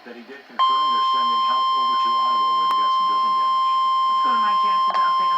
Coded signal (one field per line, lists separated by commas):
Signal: Emergency Alert System (SAME) tones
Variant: 1050 Hz attention tone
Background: speech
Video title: EAS #3 Severe Thunderstorm Warning